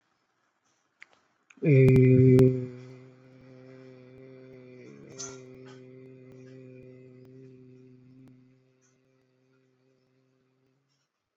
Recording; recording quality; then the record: sustained vowel as in made; excellent, no background noise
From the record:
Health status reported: COVID-19 positive, mild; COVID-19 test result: positive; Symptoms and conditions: none ticked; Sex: male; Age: 30 years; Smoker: not ticked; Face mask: worn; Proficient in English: yes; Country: India